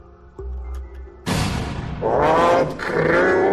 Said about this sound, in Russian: «Открывай!» Жутким потусторонним голосом зарычало существо и сильно ударило по двери.